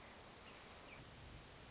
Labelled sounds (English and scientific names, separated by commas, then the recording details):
Hermit Thrush (Catharus guttatus)
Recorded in Sonoma County, California